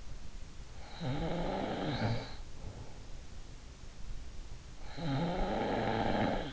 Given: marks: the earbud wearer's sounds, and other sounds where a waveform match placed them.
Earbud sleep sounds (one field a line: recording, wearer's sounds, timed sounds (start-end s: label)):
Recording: sounds in sleep by an in-ear microphone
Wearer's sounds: snoring breath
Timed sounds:
0.84-2.37 s: snoring breath
4.76-6.52 s: snoring breath